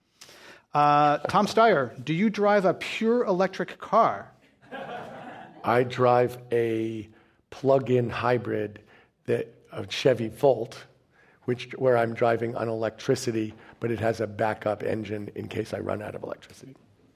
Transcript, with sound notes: No.
Tom Steyer, do you drive a pure electric car?
[Laughter]
I drive a plug-in hybrid that, a Chevy Volt, which is where I'm driving on electricity but it has a backup engine in case I run out of electricity.